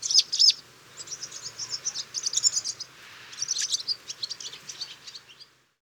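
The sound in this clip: Barn swallow song, a rapid high twittering chatter of squeaky notes running for about five seconds before stopping.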